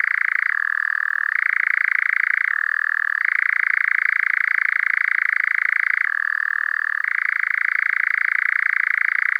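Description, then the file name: A European nightjar churrs continuously, a rapid rattling trill that alternates between two pitch levels, dipping lower three times throughout. "ENGOULEVENT"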